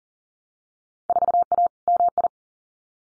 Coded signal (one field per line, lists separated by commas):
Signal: Morse code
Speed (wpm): 38 wpm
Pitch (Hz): 700 Hz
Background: none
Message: 4A MI